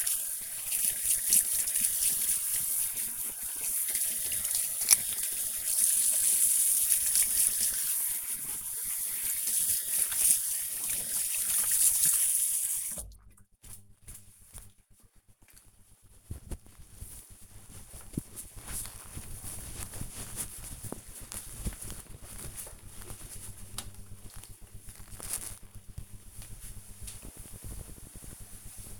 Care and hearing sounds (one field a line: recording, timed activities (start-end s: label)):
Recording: household activities, microphone on the right wrist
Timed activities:
0.00-13.55 s: washing hands